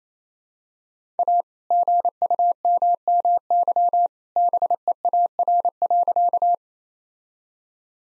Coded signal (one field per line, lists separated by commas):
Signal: Morse code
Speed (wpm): 28 wpm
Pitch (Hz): 700 Hz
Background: none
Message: A GUMMY BEAR.